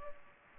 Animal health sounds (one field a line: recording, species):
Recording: mosquito wingbeat signal from an infrared sensor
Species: Culex pipiens